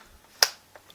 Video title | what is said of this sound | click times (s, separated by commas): Maruzen MP5k GBB Review [Airsoft] | clicks in locks in very well no worry about that coming out in a game | 0.4 s